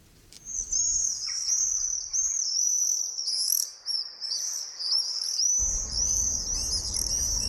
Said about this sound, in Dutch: Scheren en gieren, ik zie er nu één. Oh nee, is een huiszwaluw, maar de gierzwaluw was er ook net. Hoe hou je al deze vrolijke zang en dit gekwetter uit elkaar? In onze cursus Vogelzang herkennen zijn we aangekomen bij de gierzwaluw.